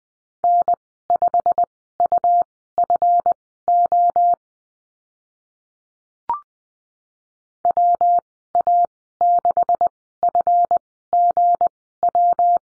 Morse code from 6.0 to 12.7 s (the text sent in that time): WA6FGW